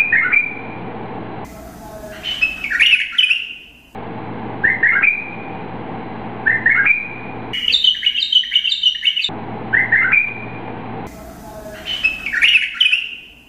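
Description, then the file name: Bulbul song: short bubbly, slurred whistled phrases, repeated in bursts every couple of seconds, with abrupt cuts between differently toned passages and a steady low hum beneath. "audio kutilang irak. omkicau"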